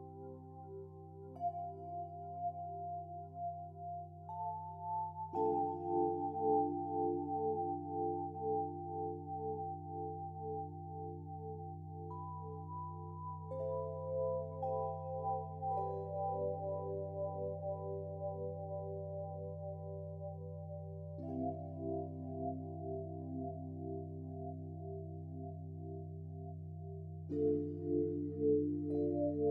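Singing sound bowls ring in long, overlapping tones over a steady low hum that never drops out. Higher tones shift in slow steps, with fresh swells around 5, 14, 21 and 27 seconds, and the blend stays smooth and sustained throughout.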